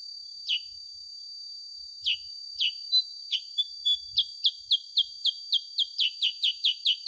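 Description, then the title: Sooty-headed bulbul singing a few spaced chirps, then speeding into a fast series of short, falling notes, with a constant shrill buzz behind. Original voice of kutilang sutra, used as a master recording and lure (pancingan) for training songbirds. "Masteran Kutilang Sutra. SUARA ASLI KUTILANG SUTRA COCOK UNTUK PANCINGAN"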